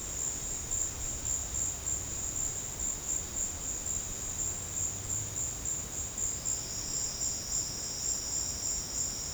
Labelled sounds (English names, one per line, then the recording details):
none
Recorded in secondary vegetation near Puerto Asís, Putumayo, Colombia, on 8 March 2025 at 15:00
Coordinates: 0.485, -76.322
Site G040